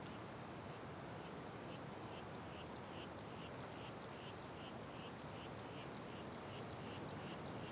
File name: Ambiencia com Vento Forte Passaros e Grilos na Cachoeira Simao Correa